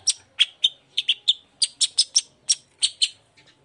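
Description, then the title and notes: Long-tailed shrike song: a run of sharp, harsh high notes, delivered in an uneven burst of about a dozen over nearly four seconds. Cendet heard in the morning, a lively song full of varied 'toet toet' notes, used as a lure to provoke other shrikes into answering and singing along. "Cendet Gacor Dor Di Kala Pagi Toet Toet Variasi Suara. Pancingan Emosi Cendet Gacor Full Variasi Toet Toet Bikin Nyaut Cendet Lain Langsung Ikutan Bunyi. Burung cendet"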